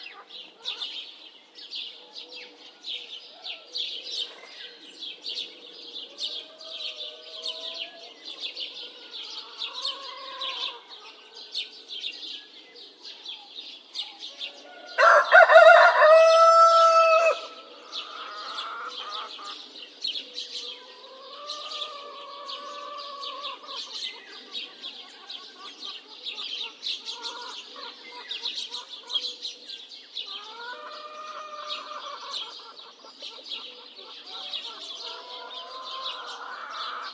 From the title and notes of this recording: Farm ambience. Early morning sounds in the village. Rooster crowing, chicken clucking, birds chirping in the background.